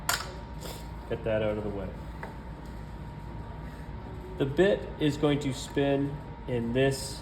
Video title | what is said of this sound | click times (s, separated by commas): Router - Edge Profiling | Feel it click. | 0.1 s